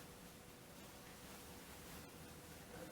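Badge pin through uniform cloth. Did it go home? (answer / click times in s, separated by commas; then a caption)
no / none. A badge pin is poked through the cloth of an NPCC uniform and positioned before the pin backing is secured. Only a steady, even hiss with a faint low hum is heard, with no sharp sounds. Nothing has seated or clicked yet.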